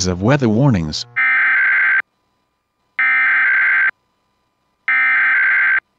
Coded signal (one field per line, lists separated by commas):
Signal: Emergency Alert System (SAME) tones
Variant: header bursts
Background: speech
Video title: An Hour and 17 Minutes Late.... | EAS# 275- Georgia Required Monthly Test on WZGC (KPL20 relay)